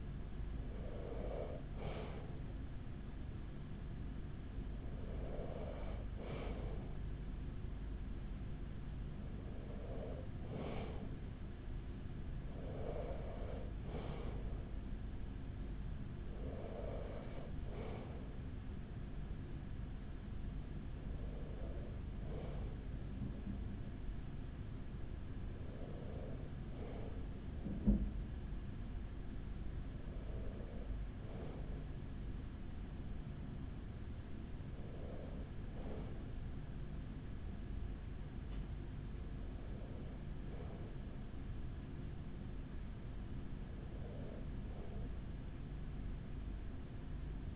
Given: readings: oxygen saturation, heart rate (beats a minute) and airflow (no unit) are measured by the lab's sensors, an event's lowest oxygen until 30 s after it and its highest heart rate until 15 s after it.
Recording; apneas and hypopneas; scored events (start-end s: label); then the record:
breathing in sleep by a smartphone at the bedside; none
none scored
From the record:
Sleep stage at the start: N2 (light sleep); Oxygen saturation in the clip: 93 to 94%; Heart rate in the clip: 42 to 46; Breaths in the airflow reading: 11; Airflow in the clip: -6.6 to 5.3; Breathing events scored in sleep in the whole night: 207 in 7.6 hours asleep